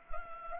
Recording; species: mosquito wingbeat signal from an infrared sensor; Anopheles gambiae